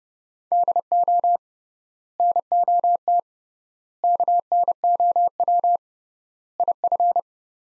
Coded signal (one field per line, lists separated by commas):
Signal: Morse code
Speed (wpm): 30 wpm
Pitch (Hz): 700 Hz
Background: none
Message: DO NOT KNOW IF